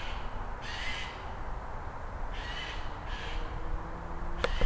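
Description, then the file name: Eurasian jay hoarse screeching calls, three rasping bursts, with a faint low tone and a sharp click near the end over background rumble. "Garrulus glandarius"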